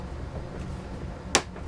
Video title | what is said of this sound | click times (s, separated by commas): A Horse Painting 11 Clean up | You just have to make sure you hear the snaps. | 1.4 s